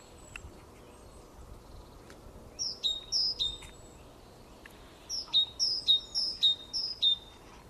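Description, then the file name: Great tit song, ringing two-note phrases dropping from high to lower pitch, a few in a row, a pause, then several more, with a few faint clicks. "Parus major"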